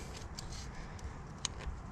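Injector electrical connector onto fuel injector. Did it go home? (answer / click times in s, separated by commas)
yes / 1.5 s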